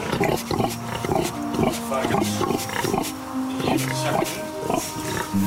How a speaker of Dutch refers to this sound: Dus, ja, varkens. Ik vind het ook leuk, hè? Wat zijn dit voor varkens?